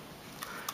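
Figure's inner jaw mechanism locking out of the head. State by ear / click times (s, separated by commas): seated / 0.7 s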